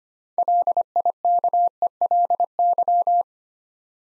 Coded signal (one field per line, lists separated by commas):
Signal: Morse code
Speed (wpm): 25 wpm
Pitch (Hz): 700 Hz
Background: none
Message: LIKELY